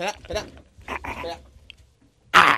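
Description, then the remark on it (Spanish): A dog lets out a series of raspy, throaty growling wheezes in uneven bursts, then goes quiet before a sudden loud, harsh burst of noise at the end. “¿Qué le pasa? Me parece que está riendo. ¿Perro? ¿Perro? ¿Despierta? ¿Que se ahoga?”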